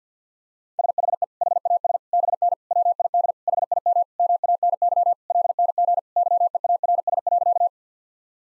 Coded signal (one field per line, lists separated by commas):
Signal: Morse code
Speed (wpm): 50 wpm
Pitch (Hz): 700 Hz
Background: none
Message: SHE HAS BN WID HIM MANY LNG YEARS.